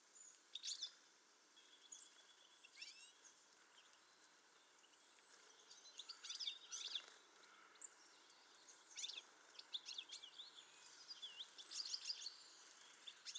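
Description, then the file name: European goldfinch calls: bright, high twittering chirps and tinkling notes in loose bursts every few seconds, with quieter pauses between. "Carduelis carduelis"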